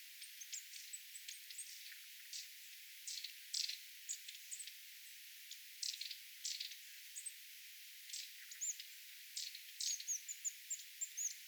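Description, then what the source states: Long-tailed tit flock calls: short buzzy, rasping bursts repeated in quick irregular runs, mixed with thin, very high, faint notes, some close together near the end. Flock of small birds with tits calling, recorded 27 January 2026.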